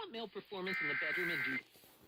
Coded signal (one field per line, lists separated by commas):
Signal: Emergency Alert System (SAME) tones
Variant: header bursts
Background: speech